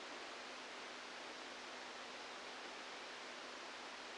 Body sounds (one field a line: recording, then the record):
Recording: brain microelectrode recording played as sound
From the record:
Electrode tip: inside the subthalamic nucleus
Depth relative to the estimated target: -2 mm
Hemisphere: left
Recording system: NeuroSet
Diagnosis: Parkinson's disease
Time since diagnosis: 17 years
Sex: male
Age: 64 years